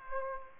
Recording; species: mosquito wingbeat signal from an infrared sensor; Aedes aegypti